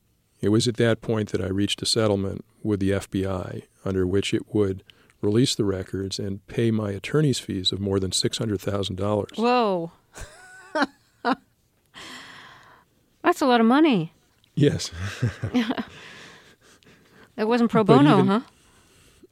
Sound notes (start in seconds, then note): 10.1 laughter; 14.9 laughter